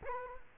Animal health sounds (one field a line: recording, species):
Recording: mosquito wingbeat signal from an infrared sensor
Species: Culex quinquefasciatus